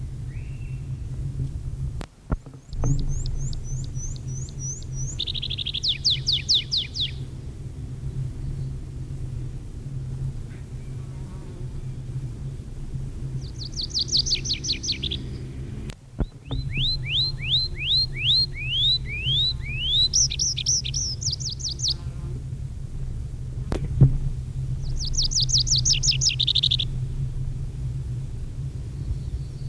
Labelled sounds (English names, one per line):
Tree Pipit song